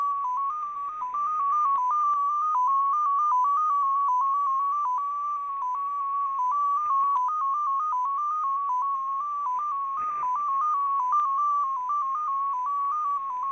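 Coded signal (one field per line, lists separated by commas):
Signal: numbers station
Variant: XPA2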